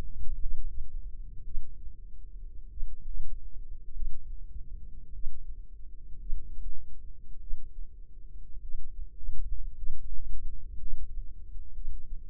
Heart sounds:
heart sounds by microphone in the left ear; 53 bpm
0.38 s: heartbeat
1.42 s: heartbeat
2.68 s: heartbeat
3.92 s: heartbeat
5.11 s: heartbeat
6.18 s: heartbeat
7.38 s: heartbeat
8.60 s: heartbeat
9.74 s: heartbeat
10.77 s: heartbeat
11.72 s: heartbeat
From the record:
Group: healthy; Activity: cold pressor test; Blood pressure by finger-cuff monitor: 106/66 mmHg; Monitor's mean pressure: 79 mmHg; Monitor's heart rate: 50 bpm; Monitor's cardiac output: 4.3 L/min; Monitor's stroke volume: 85 mL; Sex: female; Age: 36 years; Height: 163 cm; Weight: 88 kg

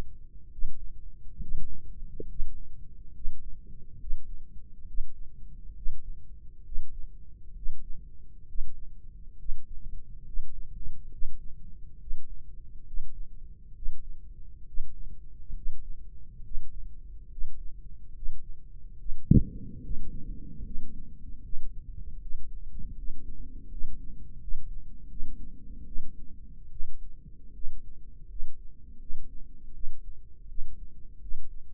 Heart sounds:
heart sounds by microphone in the right ear; 72 bpm
0.48 s: heartbeat
1.38 s: heartbeat
2.26 s: heartbeat
3.12 s: heartbeat
3.97 s: heartbeat
4.85 s: heartbeat
5.73 s: heartbeat
6.63 s: heartbeat
7.53 s: heartbeat
8.46 s: heartbeat
9.36 s: heartbeat
10.24 s: heartbeat
11.09 s: heartbeat
11.98 s: heartbeat
12.84 s: heartbeat
13.73 s: heartbeat
14.65 s: heartbeat
15.53 s: heartbeat
16.42 s: heartbeat
17.29 s: heartbeat
18.13 s: heartbeat
18.96 s: heartbeat
19.81 s: heartbeat
20.63 s: heartbeat
21.42 s: heartbeat
22.20 s: heartbeat
22.95 s: heartbeat
23.68 s: heartbeat
24.39 s: heartbeat
25.08 s: heartbeat
25.85 s: heartbeat
26.70 s: heartbeat
27.52 s: heartbeat
28.27 s: heartbeat
28.98 s: heartbeat
29.73 s: heartbeat
30.47 s: heartbeat
31.19 s: heartbeat
From the record:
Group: healthy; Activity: breath hold 0-21 s, rest 21-32 s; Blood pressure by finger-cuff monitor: 95/65 mmHg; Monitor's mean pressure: 72 mmHg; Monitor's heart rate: 69 bpm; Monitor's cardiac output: 5 L/min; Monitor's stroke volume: 73 mL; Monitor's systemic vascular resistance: 1010 dyn s/cm5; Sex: female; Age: 22 years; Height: 163 cm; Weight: 67.1 kg

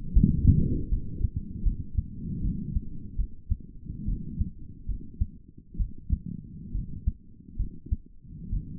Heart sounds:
heart sounds by stethoscope; 72 bpm
0.13 s: heartbeat
0.89 s: heartbeat
1.63 s: heartbeat
2.41 s: heartbeat
3.16 s: heartbeat
4.05 s: heartbeat
4.86 s: heartbeat
5.77 s: heartbeat
6.72 s: heartbeat
7.57 s: heartbeat
8.50 s: heartbeat
From the record:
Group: healthy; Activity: rest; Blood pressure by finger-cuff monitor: 167/89 mmHg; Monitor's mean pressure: 121 mmHg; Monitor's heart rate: 74 bpm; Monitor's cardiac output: 7.9 L/min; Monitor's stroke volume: 101 mL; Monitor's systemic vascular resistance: 1200 dyn s/cm5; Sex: female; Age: 22 years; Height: 154 cm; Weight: 58.7 kg

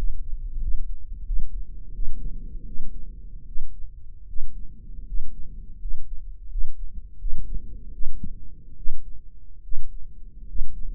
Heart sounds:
heart sounds by microphone in the right ear; 79 bpm
0.59 s: heartbeat
1.24 s: heartbeat
1.92 s: heartbeat
2.65 s: heartbeat
3.45 s: heartbeat
4.26 s: heartbeat
5.05 s: heartbeat
5.78 s: heartbeat
6.49 s: heartbeat
7.18 s: heartbeat
7.91 s: heartbeat
8.75 s: heartbeat
9.62 s: heartbeat
10.46 s: heartbeat
From the record:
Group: healthy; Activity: rest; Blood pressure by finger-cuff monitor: 118/72 mmHg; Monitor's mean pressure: 82 mmHg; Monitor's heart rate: 82 bpm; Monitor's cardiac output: 7.8 L/min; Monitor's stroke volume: 93 mL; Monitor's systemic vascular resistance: 760 dyn s/cm5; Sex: male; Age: 23 years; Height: 178 cm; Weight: 96.6 kg

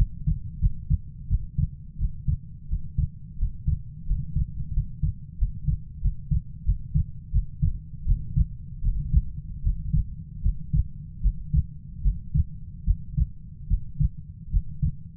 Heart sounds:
heart sounds by stethoscope; 82 bpm
0.60 s: heartbeat
1.28 s: heartbeat
1.98 s: heartbeat
2.68 s: heartbeat
3.38 s: heartbeat
4.06 s: heartbeat
4.73 s: heartbeat
5.38 s: heartbeat
6.01 s: heartbeat
6.64 s: heartbeat
7.31 s: heartbeat
8.05 s: heartbeat
8.82 s: heartbeat
9.62 s: heartbeat
10.41 s: heartbeat
11.21 s: heartbeat
12.02 s: heartbeat
12.84 s: heartbeat
13.67 s: heartbeat
14.50 s: heartbeat
From the record:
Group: healthy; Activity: Valsalva maneuver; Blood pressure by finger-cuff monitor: 80/63 mmHg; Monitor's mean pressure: 69 mmHg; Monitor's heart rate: 76 bpm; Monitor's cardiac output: 6.1 L/min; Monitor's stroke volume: 71 mL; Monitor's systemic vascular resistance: 710 dyn s/cm5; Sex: female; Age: 19 years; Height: 163 cm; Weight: 48.9 kg

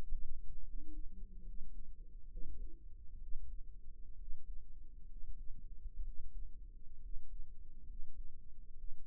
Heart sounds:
heart sounds by microphone in the right ear; 67 bpm
0.64 s: heartbeat
1.43 s: heartbeat
2.28 s: heartbeat
3.19 s: heartbeat
4.17 s: heartbeat
5.07 s: heartbeat
6.03 s: heartbeat
7.00 s: heartbeat
7.85 s: heartbeat
8.75 s: heartbeat
From the record:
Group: healthy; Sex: male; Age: 22 years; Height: 181 cm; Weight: 79 kg

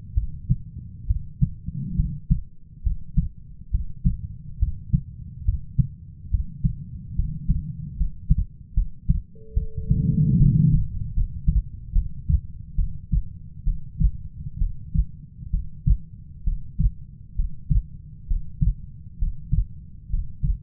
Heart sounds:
heart sounds by stethoscope; 69 bpm
0.14 s: heartbeat
1.07 s: heartbeat
1.96 s: heartbeat
2.83 s: heartbeat
3.71 s: heartbeat
4.59 s: heartbeat
5.45 s: heartbeat
6.30 s: heartbeat
7.15 s: heartbeat
7.97 s: heartbeat
8.74 s: heartbeat
9.54 s: heartbeat
10.37 s: heartbeat
11.14 s: heartbeat
11.93 s: heartbeat
12.75 s: heartbeat
13.64 s: heartbeat
14.58 s: heartbeat
15.50 s: heartbeat
16.44 s: heartbeat
17.36 s: heartbeat
18.27 s: heartbeat
19.18 s: heartbeat
20.10 s: heartbeat
From the record:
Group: healthy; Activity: rest 0-9 s, Valsalva maneuver 9-21 s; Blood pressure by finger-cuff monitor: 143/71 mmHg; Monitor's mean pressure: 93 mmHg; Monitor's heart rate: 68 bpm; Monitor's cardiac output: 6.1 L/min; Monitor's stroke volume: 90 mL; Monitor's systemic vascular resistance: 1120 dyn s/cm5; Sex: female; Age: 37 years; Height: 168 cm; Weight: 70 kg

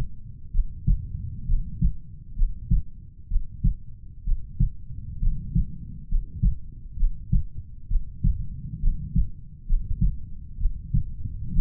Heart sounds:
heart sounds by stethoscope; 65 bpm
0.51 s: heartbeat
1.46 s: heartbeat
2.35 s: heartbeat
3.28 s: heartbeat
4.24 s: heartbeat
5.19 s: heartbeat
6.08 s: heartbeat
6.96 s: heartbeat
7.88 s: heartbeat
8.80 s: heartbeat
9.66 s: heartbeat
10.58 s: heartbeat
11.51 s: heartbeat
From the record:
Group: healthy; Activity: Valsalva maneuver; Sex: female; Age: 22 years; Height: 160 cm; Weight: 45 kg

